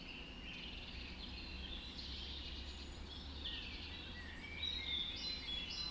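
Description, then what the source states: Birds singing together at dawn, a layered mix of warbles and thin high whistles, brighter near the end, over low steady rumble. Dawn chorus recorded just after dawn in the Forest of Dean.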